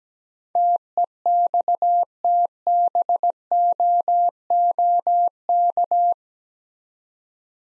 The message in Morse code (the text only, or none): TEXTBOOK